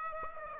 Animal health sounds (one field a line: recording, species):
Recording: mosquito wingbeat signal from an infrared sensor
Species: Aedes aegypti